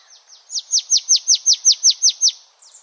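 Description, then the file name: Marsh Tit delivering a rapid, even string of about ten loud, high notes, each sliding sharply downward, with fainter notes before and after. "Poecile palustris"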